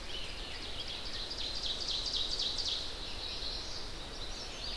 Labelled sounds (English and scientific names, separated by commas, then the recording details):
Ovenbird (Seiurus aurocapilla) song
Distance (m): 65 m
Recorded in boreal forest in Alberta, Canada, on 10 June 2016 at 07:24
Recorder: SongMeter 3, array SBT-3-39
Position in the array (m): 102 m, 208 m
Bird 18